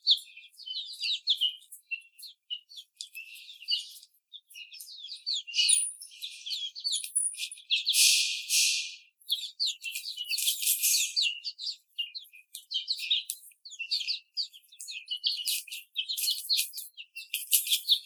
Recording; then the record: young laying hens in a cage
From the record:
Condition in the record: after the stressor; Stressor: simulated dog barking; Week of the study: 4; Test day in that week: 2